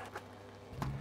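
A 3D-printed plastic bayonet moss pole section gets a small twist to unlock and is then pulled out of its bayonet joint in the next section. A softer knock at 0.2 s is followed by a sharp, short click at 0.8 s as the section releases.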